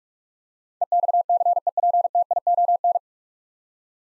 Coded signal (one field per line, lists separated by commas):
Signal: Morse code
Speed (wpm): 46 wpm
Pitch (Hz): 700 Hz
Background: none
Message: EXCEPTION